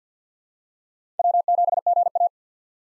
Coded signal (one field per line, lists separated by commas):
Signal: Morse code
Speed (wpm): 50 wpm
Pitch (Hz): 700 Hz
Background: none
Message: W7GA